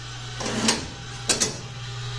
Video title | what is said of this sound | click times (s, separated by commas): My love for La Cornue Rotisserie and making amazing rotisserie chicken. | the way out so pull it out two clicks all right | 0.7 s, 1.4 s